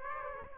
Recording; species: mosquito wingbeat signal from an infrared sensor; Aedes aegypti